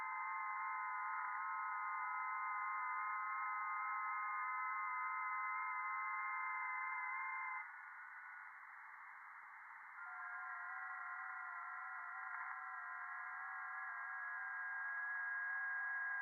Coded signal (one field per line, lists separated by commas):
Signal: FT8